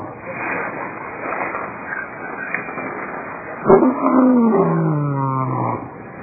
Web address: 2001 Eclipse lion